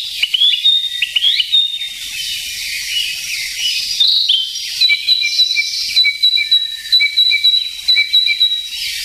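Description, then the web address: Narcissus flycatcher song, slurred whistles at first, then a steady series of paired high-and-low whistled notes, over a high hiss. "sikioto. kibitaki"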